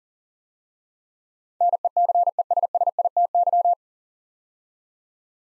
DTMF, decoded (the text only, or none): none